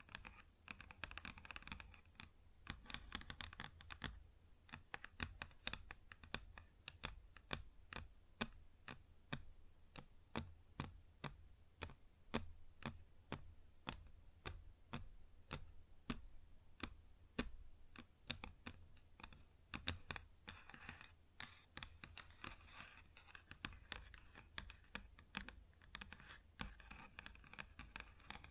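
Fingers tap and scratch on a wooden surface in quick, irregular clicks, with steady rhythmic tapping in the middle and busier scratching near the start and end.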